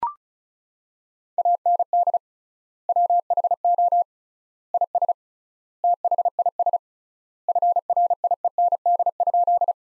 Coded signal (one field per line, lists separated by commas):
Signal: Morse code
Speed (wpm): 36 wpm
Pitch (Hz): 700 Hz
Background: none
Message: AND WHO IS THIS FRIEND?